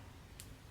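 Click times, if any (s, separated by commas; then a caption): 0.4 s. A bracelet clasp is pushed in and slid up until it closes into its catch on a wrist. A short, bright click sounds at 0.4 seconds over a low background hum. The clasp clicks shut and is seated.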